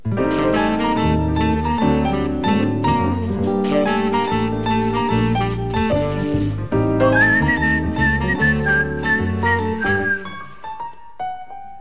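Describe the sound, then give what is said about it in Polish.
A person whistles a bright, wavering tune in a song from the stage show Tuwim dla dorosłych, over a full instrumental accompaniment, the high melody rising clearly above steady chords before the music thins out and fades at the end. “Gwiżdżąc sobie amuzą, poeta rozmyśla o kompetencjach władzy.”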